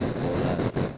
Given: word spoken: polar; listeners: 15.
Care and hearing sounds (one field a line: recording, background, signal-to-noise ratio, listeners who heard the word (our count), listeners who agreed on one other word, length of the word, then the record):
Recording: one Spanish word in noise, from a listening test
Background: noise modulated by three-talker babble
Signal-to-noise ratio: -6.1 dB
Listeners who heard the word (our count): 0 of 15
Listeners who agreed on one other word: 9 of 15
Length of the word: 0.58 s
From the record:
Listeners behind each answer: 9, 1, 1, 1, 1, 1, 1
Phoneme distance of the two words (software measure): 10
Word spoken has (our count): 2 syllables, 5 phonemes, stress on syllable 2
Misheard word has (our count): 2 syllables, 5 phonemes, stress on syllable 2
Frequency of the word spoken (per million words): 5.16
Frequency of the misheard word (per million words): 14.62